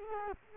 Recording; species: mosquito wingbeat signal from an infrared sensor; Culex quinquefasciatus